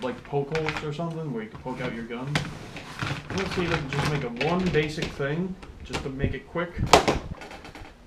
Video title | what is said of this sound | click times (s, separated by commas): Unboxing & Review of the Blaster Boards | they do snap into place sweet see | 7.4 s, 7.7 s, 7.8 s